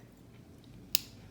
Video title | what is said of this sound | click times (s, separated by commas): Horizontech Falcon King 80w Kit | you hear that click then you want to tighten it down | 0.9 s